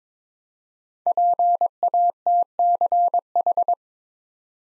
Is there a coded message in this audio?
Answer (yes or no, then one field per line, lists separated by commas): yes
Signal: Morse code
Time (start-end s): 1.1-3.7 s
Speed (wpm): 22 wpm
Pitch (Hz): 700 Hz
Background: none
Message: PATCH